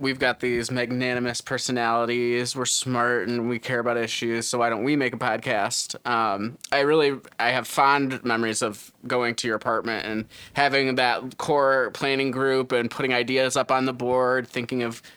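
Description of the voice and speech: An adult man speaks in a relaxed conversational tone, with clear articulation, a steady, moderate rate and natural pitch variation. A brief filled pause ("um") appears, but there are no blocks, repetitions or voice-quality problems. This is ordinary fluent speech in a quiet indoor room.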